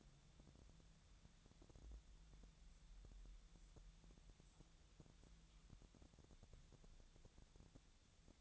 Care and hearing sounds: daily activity, microphone in the room; wipe stove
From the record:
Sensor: 3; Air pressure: 1000.5 hPa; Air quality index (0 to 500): 178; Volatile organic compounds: 4 ppm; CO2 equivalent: 1546 ppm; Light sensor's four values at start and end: 13/30/13/13 and 13/30/13/13

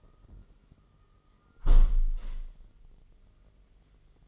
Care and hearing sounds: daily activity, microphone in the room; close window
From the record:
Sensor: 4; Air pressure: 999.3 hPa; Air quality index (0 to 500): 111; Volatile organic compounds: 2 ppm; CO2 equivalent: 1100 ppm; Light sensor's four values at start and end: 14/33/14/15 and 14/33/14/15

